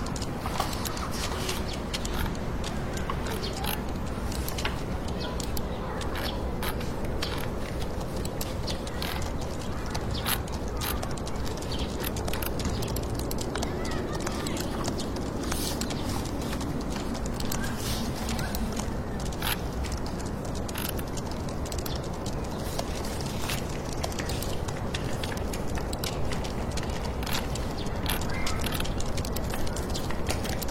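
Fingertip typing clatters in fast, uneven clicks throughout, over a steady low wash of urban noise that never lets up.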